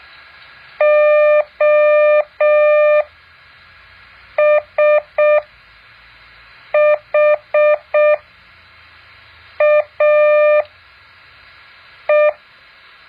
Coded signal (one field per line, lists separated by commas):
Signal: Morse code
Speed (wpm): 6 wpm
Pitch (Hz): 600 Hz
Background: none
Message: OSHAE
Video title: แบบฝึกหัด Morse code 2.5